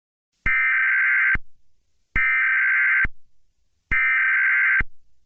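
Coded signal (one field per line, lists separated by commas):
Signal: Emergency Alert System (SAME) tones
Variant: header bursts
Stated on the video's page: A fictional EAS scenario depicting a reality-threatening god arriving on earth.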